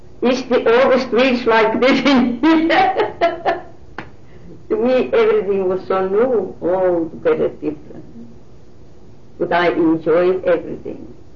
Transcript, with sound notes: is the all the streets like this in here." (Laughter) To me, everything was so new, all very different. But I enjoyed everything.